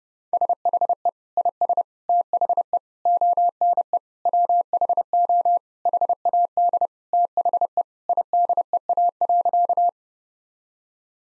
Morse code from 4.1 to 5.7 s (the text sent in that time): WHO